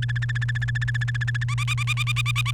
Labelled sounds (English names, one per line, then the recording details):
Domestic Canary song
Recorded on 29 April 2018 at 13:45
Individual llb3